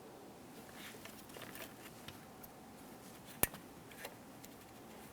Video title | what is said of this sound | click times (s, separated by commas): How to Replace Alternator 2013-2015 Chevrolet Malibu 2.5L L4 | continue on to your next electrical connector for this one just go ahead and line it up and press it in listen for a click | 3.4 s